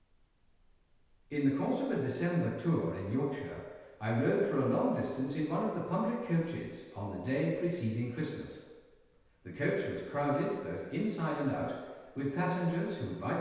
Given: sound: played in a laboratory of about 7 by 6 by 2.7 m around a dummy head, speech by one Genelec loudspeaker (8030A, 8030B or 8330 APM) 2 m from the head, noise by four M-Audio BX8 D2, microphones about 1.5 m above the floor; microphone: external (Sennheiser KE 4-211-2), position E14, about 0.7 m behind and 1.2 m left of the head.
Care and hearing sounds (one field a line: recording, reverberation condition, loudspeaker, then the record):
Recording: male speech in English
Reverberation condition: high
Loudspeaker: 60 degrees to the right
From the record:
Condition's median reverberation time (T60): about 1300 ms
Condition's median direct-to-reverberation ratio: about -4.0 dB